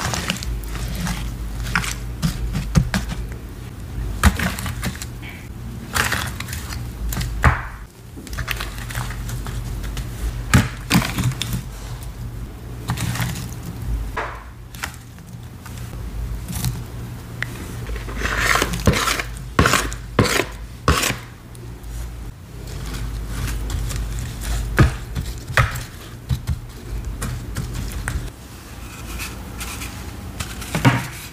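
Gym chalk and cornstarch are crushed and handled in a quick run of crisp, crumbly crunches that come in dense clusters throughout, with brief softer gaps near 8 and 15 seconds. A steady low hum sits underneath the whole time.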